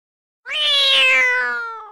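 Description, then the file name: Cat giving a single drawn-out meow, about one and a half seconds long, with rich harmonics that slowly fall in pitch and fade toward the end. "gato"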